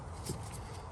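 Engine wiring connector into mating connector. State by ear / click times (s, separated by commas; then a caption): not seated / none. The bottom engine wiring connector is handled into its mating connector on a Toyota 4Runner 3.4L TRD Supercharged V6 (5VZ-FE) during a knock sensor replacement for code P0325. Steady low rumbling handling noise fills the clip, with a slightly louder soft bump around 0.3 s. Nothing has seated or clicked yet.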